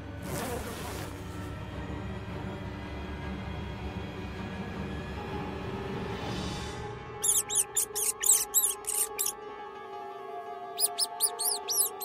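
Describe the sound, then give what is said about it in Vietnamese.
Two large black-furred rats scrabbling and squeaking inside a cloth wardrobe: a long rough rustling scrape, then bursts of shrill, rapid squeaks in two quick clusters, high-pitched and fairly loud, with no one talking. “Hai bên cánh tủ vải mở tung, từ bên trong hai con chuột to tổ tràng với bộ lông đen xì nhảy bổ cả ra ngoài.”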